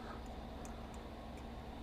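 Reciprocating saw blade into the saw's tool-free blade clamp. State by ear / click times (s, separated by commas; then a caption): not seated / none. A new reciprocating saw blade is pushed into the tool-free blade clamp of a 2nd-generation Makita 40V XGT reciprocating saw (GRJ02) after the blade-release lever was raised only far enough to eject the old blade. Only a few faint light ticks sound over a steady low background hum. The blade does not lock in and nothing has clicked yet, because the lever was not raised far enough.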